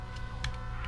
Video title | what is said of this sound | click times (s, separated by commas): ECX Amp MT Build-To-Drive RC Monster Truck Kit Build Videos - BAG F. | push it all the way in until it clicks a little bit | 0.4 s